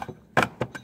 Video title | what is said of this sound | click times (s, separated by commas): Motorola XPR5550 PMUEA5151 Power Connector Fix | brackets on both sides snaps | 0.4 s